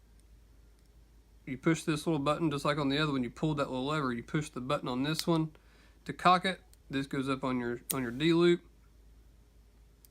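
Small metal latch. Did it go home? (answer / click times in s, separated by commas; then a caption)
yes / 10.0 s. Someone talks while pushing the button on a Carter Just Cuz thumb-activated archery release and setting it onto the bow's D-loop. At 10.1 s the release jaw clicks closed on the D-loop, seating it with an audible click.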